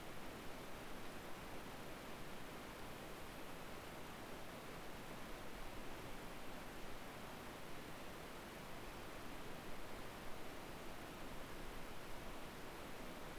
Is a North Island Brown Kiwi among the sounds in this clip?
no